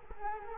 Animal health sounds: mosquito wingbeat signal from an infrared sensor; Culex quinquefasciatus

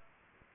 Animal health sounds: mosquito wingbeat signal from an infrared sensor; Culex pipiens

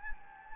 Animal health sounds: mosquito wingbeat signal from an infrared sensor; Anopheles gambiae

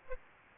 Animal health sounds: mosquito wingbeat signal from an infrared sensor; Aedes aegypti

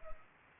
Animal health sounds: mosquito wingbeat signal from an infrared sensor; Culex pipiens

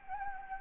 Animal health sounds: mosquito wingbeat signal from an infrared sensor; Anopheles gambiae

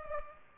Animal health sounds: mosquito wingbeat signal from an infrared sensor; Culex pipiens

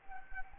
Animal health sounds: mosquito wingbeat signal from an infrared sensor; Anopheles arabiensis

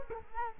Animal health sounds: mosquito wingbeat signal from an infrared sensor; Culex quinquefasciatus

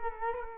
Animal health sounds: mosquito wingbeat signal from an infrared sensor; Culex quinquefasciatus

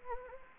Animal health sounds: mosquito wingbeat signal from an infrared sensor; Anopheles gambiae

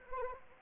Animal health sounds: mosquito wingbeat signal from an infrared sensor; Anopheles arabiensis

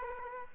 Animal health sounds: mosquito wingbeat signal from an infrared sensor; Aedes aegypti

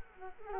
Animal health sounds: mosquito wingbeat signal from an infrared sensor; Culex quinquefasciatus

